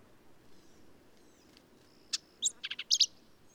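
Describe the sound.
Black-capped vireo song: a short burst of sharp, high, scratchy notes packed into about one second near the end, after quiet background.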